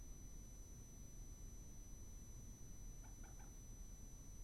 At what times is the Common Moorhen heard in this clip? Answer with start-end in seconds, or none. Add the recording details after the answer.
3.03-3.43. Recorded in France